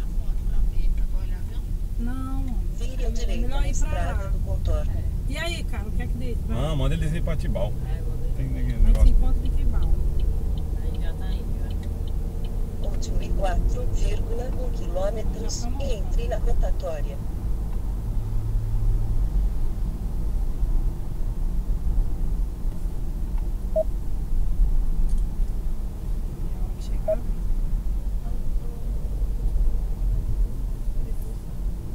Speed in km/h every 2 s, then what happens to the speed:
39, 33, 35, 39, 45, 51, 58, 63, 63, 62, 59, 56, 54, 52, 53, 54.
0-5 steady at about 35. 5-14 speeds up to 63. 14-25 slows to 52. 25-32 steady at about 53.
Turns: 0-6.